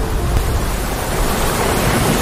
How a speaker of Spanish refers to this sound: Escucha la brisa pasando por los árboles.